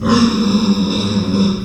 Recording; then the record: squeal of a Yucatan mini pig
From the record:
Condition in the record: after surgery on the right vocal fold (resection and tissue-engineered implant); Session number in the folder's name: 12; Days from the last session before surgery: 105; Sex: female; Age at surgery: 19 weeks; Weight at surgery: 25 kg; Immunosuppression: prednisolone